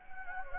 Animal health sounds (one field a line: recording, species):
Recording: mosquito wingbeat signal from an infrared sensor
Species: Anopheles gambiae